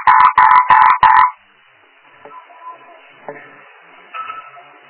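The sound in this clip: Frog making four quick, raspy croaks in just over a second, after which only faint background sounds remain.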